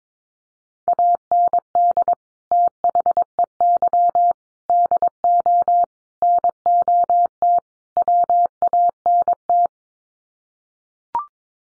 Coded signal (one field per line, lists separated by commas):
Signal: Morse code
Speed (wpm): 22 wpm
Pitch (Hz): 700 Hz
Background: none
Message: AND THEY DO NOT WANT